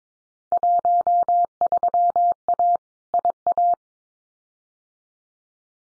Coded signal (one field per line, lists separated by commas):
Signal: Morse code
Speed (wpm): 22 wpm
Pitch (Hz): 700 Hz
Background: none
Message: 13A IA